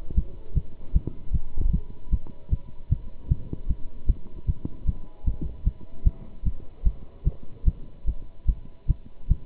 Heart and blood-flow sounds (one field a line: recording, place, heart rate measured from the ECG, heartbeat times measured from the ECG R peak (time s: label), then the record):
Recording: heart sounds by stethoscope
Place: between the tricuspid and mitral areas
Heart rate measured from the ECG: 151 bpm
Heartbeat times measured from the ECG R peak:
0.15 s: heartbeat
0.54 s: heartbeat
0.93 s: heartbeat
1.32 s: heartbeat
1.71 s: heartbeat
2.11 s: heartbeat
2.50 s: heartbeat
2.89 s: heartbeat
3.28 s: heartbeat
3.67 s: heartbeat
4.07 s: heartbeat
4.46 s: heartbeat
4.85 s: heartbeat
5.24 s: heartbeat
5.64 s: heartbeat
6.04 s: heartbeat
6.43 s: heartbeat
6.84 s: heartbeat
7.24 s: heartbeat
7.64 s: heartbeat
8.05 s: heartbeat
8.46 s: heartbeat
8.87 s: heartbeat
9.28 s: heartbeat
From the record:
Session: pedaling a stationary bicycle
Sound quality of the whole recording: good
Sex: male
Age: 27 years